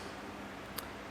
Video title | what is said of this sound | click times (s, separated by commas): etrailer - How to Install the Yakima RidgeLine Roof Rack for Flush Rails on a 2023 Toyota Highlander | You'll hear a click when it plugs into place. | 0.8 s